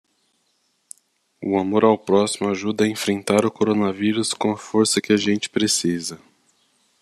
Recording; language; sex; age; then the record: spoken sentence; Brazilian Portuguese; male; 30 to 39 years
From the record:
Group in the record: control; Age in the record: 39 years